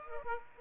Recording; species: mosquito wingbeat signal from an infrared sensor; Aedes aegypti